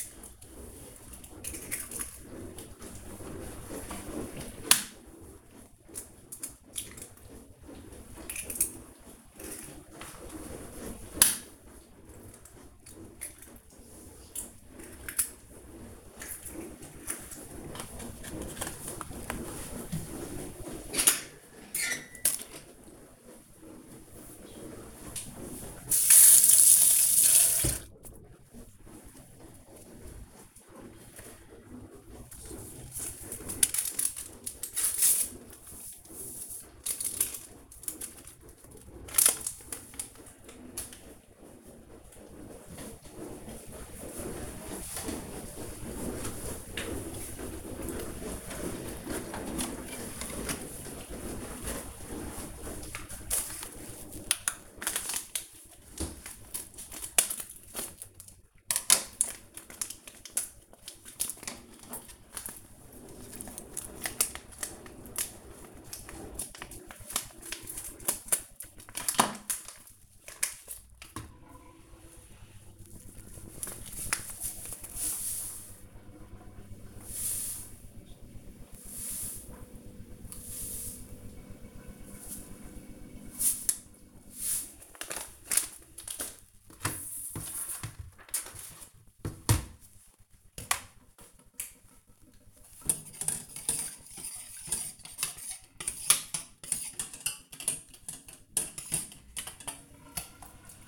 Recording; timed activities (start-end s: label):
household activities, microphone on the right wrist
0.00-29.05 s: baking
31.06-100.88 s: baking